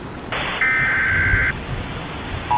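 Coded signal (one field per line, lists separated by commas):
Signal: Emergency Alert System (SAME) tones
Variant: header bursts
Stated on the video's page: Recreation of another creator's fictional tornado EAS scenario.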